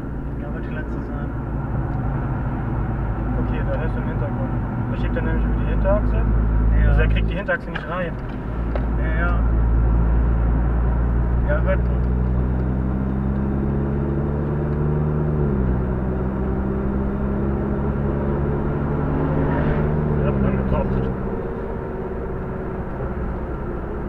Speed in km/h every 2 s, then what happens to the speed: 67, 62, 63, 66, 65, 66, 78, 91, 101, 106, 115, 110.
0-10 steady at about 65. 10-20 speeds up to 115.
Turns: 0-5, 7-11.